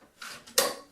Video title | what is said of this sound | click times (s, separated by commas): PowerBlock Elite 90 Dumbbell Video Review | actually hear a little click right there that's the magnet engaging the metal bar | 0.6 s